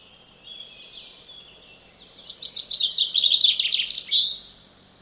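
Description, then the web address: Common chaffinch song: after faint thin notes, one loud, rattling, descending series of notes that ends in a short, bright flourish. "Deverinetal 2025"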